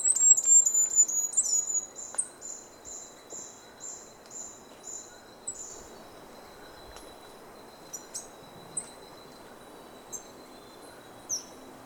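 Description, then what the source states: Bird song as a rapid run of high, sharp chirps that step down and slow, fading out, with a steady thin whine and scattered ticks behind. Recorded in Ecuador, South America.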